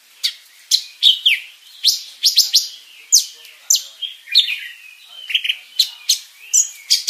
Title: Burung Cucak Ijo Juara Dunia Suara Isian Komplit Kibarkan Sayap